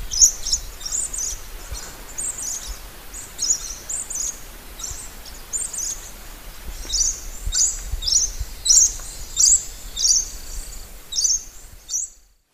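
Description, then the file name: Lorikeet chatter of many short, piercing high notes in irregular succession, louder in the second half. "Лори -Лорикет -Попугай -Голоса-птиц"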